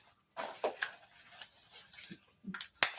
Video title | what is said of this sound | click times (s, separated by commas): Alias Belt System Reveal | lock this on Boom outside the waistband ready to go | 2.8 s